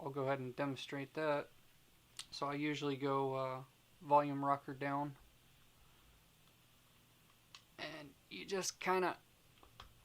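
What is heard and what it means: Someone talks while lining up an iPhone 7 Plus in a protective case, volume rocker side down first, before forcing it in. Only faint ticks are heard, near 7.6 s and 9.8 s, and the case has not snapped on yet.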